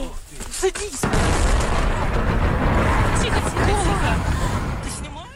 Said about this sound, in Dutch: Oekraïne zegt een groot schip van de Russische marine te hebben verwoest. Het lag in de Zwarte Zee op de Krim. Mensen filmden de enorme explosie en vuurbal met hun mobiele telefoon.